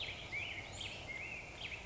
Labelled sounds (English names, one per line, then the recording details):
Black-headed Grosbeak
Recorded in Sonoma County, California